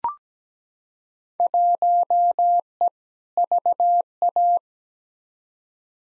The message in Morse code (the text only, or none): 1E VA